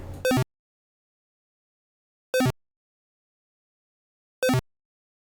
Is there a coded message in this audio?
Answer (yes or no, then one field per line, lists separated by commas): no